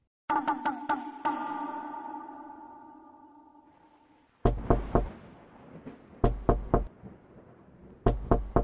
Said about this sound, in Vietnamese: Mạnh Đạt gõ cửa 3 lần, mỗi lần 3 tiếng.